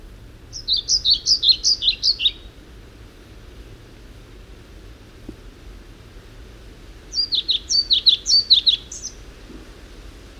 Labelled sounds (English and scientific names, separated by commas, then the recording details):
European Pied Flycatcher (Ficedula hypoleuca) song
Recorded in the wild
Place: Kamminke, Insel Usedom, Mecklenburg-Vorpommern, DE
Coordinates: 53.87, 14.206
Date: 1975-06-14 06:50
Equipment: Nagra III BH, Sennheiser MD 21, parabola
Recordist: Schubert, Michael